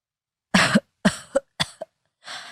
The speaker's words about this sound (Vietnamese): lửa giận muốn bùng lên làm cho ông ho sặc sụa.